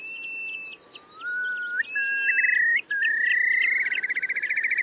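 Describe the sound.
Bird calling with long, steady whistles, the later ones stepping upward in pitch, ending in a fast, rhythmic trill over a soft background hiss.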